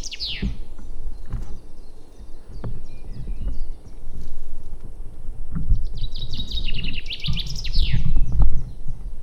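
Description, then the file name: Common chaffinch song, a falling series of bright notes ending in a flourish, partly masked by loud knocking and rumbling sounds throughout. "Fringilla coelebs"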